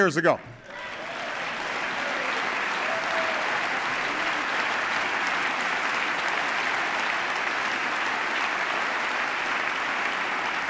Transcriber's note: applause